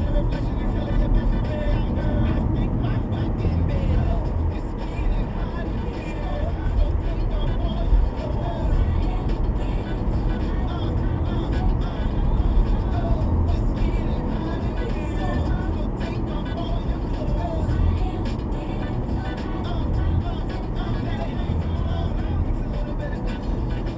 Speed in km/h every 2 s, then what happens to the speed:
68, 72, 76, 74, 74, 76, 74, 69, 69, 68, 64, 63.
0-4 speeds up to 76. 4-12 steady at about 74. 12-24 slows to 63.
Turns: none.